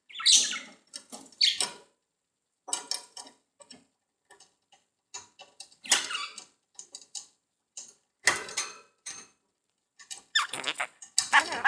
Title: Budgie Sounds